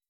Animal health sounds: hydrophone in a shrimp aquaculture tank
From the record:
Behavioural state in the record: weakened

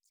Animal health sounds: hydrophone in a shrimp aquaculture tank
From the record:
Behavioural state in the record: feeding

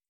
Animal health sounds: hydrophone in a shrimp aquaculture tank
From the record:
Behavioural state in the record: feeding

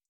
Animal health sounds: hydrophone in a shrimp aquaculture tank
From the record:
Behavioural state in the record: feeding

